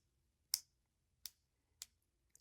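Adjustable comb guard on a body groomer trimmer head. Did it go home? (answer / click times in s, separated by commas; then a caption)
yes / 0.5 s, 1.3 s, 1.8 s. A plastic adjustable comb guard on the trimmer head of a Philips Norelco Body Groomer 7000 is slid upward, clicking into each length setting one detent at a time. Three sharp clicks are heard at 0.5, 1.3 and 1.8 seconds, followed by a faint tick near 2.4 seconds. The guard seats at each successive length position.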